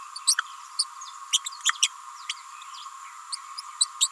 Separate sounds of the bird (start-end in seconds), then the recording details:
0.27-0.37, 0.78-0.85, 1.32-1.40, 1.65-1.73, 1.82-1.92, 3.32-3.35, 3.80-3.86, 4.00-4.07. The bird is a female. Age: 29 days. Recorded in a nest box in Venezuela. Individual 17B31A3